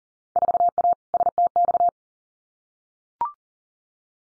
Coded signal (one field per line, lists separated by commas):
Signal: Morse code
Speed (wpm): 40 wpm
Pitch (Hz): 700 Hz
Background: none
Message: 4A STX